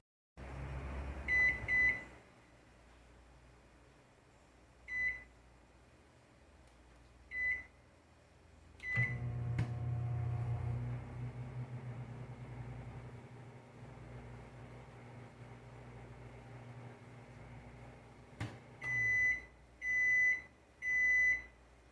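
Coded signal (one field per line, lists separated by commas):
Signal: beep code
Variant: microwave oven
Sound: three short button beeps, a humming oven run, then three half-second end beeps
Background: microwave oven hum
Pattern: 3 beeps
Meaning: The heating cycle has finished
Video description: Microondas apitando no final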